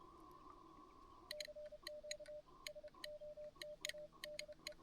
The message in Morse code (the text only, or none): CQ SOTADE